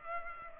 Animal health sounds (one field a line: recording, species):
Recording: mosquito wingbeat signal from an infrared sensor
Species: Culex pipiens